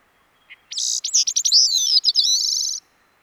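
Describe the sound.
Bicknell's thrush singing a high, thin phrase after one quiet introductory note, the notes twisting downward in a wiry spiral and closing with a buzzy, fast trill.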